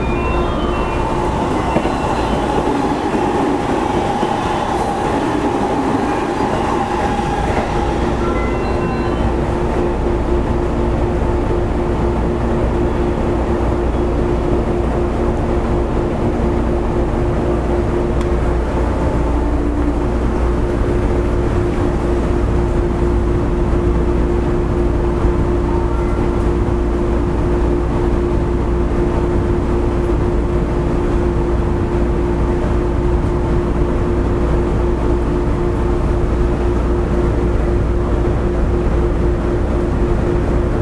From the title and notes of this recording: It is running sound of JR WEST 103 series train. I recorded a local train on the Hanwa Line. The section is from Tsurugaoka to Sakai shi.